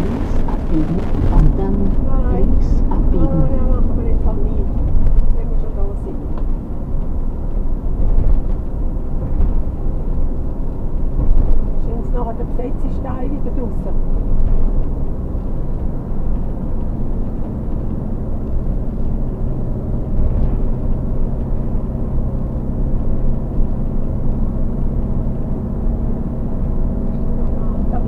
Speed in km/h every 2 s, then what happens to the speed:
64, 64, 64, 64, 66, 68, 68, 66, 64, 64, 66, 66, 68, 68.
0-18 steady at about 64.